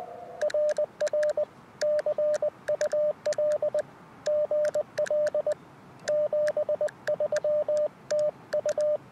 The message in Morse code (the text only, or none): RR CUL GL 73 TU